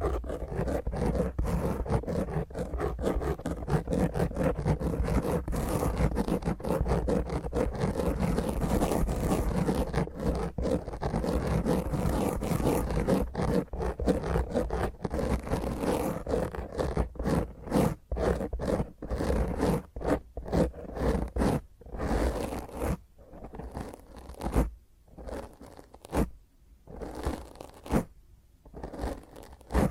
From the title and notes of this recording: ASMR Intense Rough Mic Scratch using HandNails (No Talking).